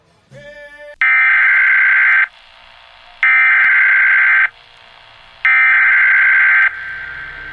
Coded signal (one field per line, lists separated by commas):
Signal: Emergency Alert System (SAME) tones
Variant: header bursts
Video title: EAS Scenario: The Cursed Tornado